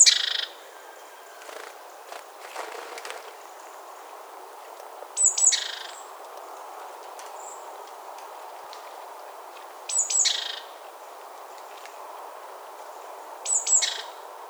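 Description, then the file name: Great tit giving three bouts of call, each a pair of sharp high notes then a rasping, churring buzz, spaced several seconds apart over quiet background hiss. "Parus major"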